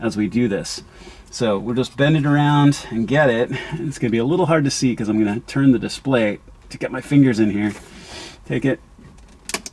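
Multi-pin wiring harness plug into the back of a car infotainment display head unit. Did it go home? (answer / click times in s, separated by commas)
yes / 9.5 s, 9.7 s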